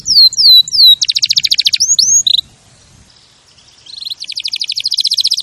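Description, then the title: Canary song opening with downward whistles, then a rapid pulsed trill, a pause, and another long fast trill of repeated notes. Champion canary song used as a master recording for tutoring other birds. "Masteran Kenari Juara"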